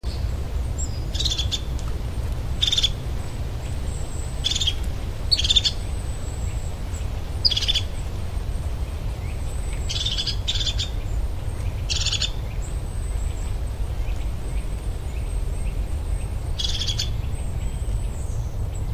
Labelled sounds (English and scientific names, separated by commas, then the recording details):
European Crested Tit (Lophophanes cristatus) call, Goldcrest (Regulus regulus), Eurasian Nuthatch (Sitta europaea)
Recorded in the wild
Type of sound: call
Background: Regulus regulus, Sitta europaea
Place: Goriner Forst, Barnim, Brandenburg, DE
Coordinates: 52.7019, 13.4931
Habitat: coniferous forest
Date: 2012-11-04 14:51
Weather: 10°C, cloudy, week winds
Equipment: Sound Devices 702, Sennheiser MKH 70, Rycote Windschutz
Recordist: Frommolt, Karl-Heinz
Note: An den Pütten: Rufe einer Haubenmeise. Entfernung 5 m. Tiere gesehen. Z.T. starker Fluglärm